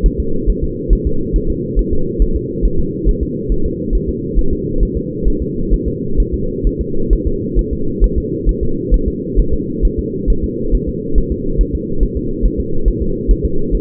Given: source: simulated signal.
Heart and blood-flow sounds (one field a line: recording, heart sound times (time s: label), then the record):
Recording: fetal heart sounds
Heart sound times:
0.06 s: S1
0.20 s: S2
0.50 s: S1
0.64 s: S2
0.93 s: S1
1.07 s: S2
1.36 s: S1
1.50 s: S2
1.79 s: S1
1.93 s: S2
2.22 s: S1
2.36 s: S2
2.65 s: S1
2.80 s: S2
3.09 s: S1
3.23 s: S2
3.52 s: S1
3.66 s: S2
3.95 s: S1
4.09 s: S2
4.39 s: S1
4.53 s: S2
4.83 s: S1
4.97 s: S2
5.28 s: S1
5.42 s: S2
5.74 s: S1
5.88 s: S2
6.20 s: S1
6.34 s: S2
6.67 s: S1
6.81 s: S2
7.13 s: S1
7.27 s: S2
7.59 s: S1
7.73 s: S2
8.04 s: S1
8.18 s: S2
8.49 s: S1
8.63 s: S2
8.94 s: S1
9.08 s: S2
9.39 s: S1
9.54 s: S2
9.85 s: S1
9.99 s: S2
10.30 s: S1
10.44 s: S2
10.75 s: S1
10.89 s: S2
11.18 s: S1
11.32 s: S2
11.61 s: S1
11.75 s: S2
12.03 s: S1
12.17 s: S2
12.46 s: S1
12.60 s: S2
12.88 s: S1
13.02 s: S2
13.31 s: S1
13.45 s: S2
13.75 s: S1
From the record:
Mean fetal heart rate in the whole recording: 135 bpm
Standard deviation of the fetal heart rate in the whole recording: 3 bpm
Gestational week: 36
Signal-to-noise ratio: -8.1 dB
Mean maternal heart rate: 72 bpm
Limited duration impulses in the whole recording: present